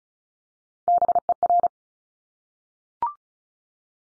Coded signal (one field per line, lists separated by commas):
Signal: Morse code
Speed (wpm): 36 wpm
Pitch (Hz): 700 Hz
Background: none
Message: BER